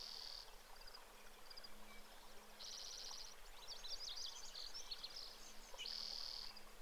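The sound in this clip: Brewer's sparrow singing thin, high trills and buzzy runs that change speed, over a steady low hum and background hiss.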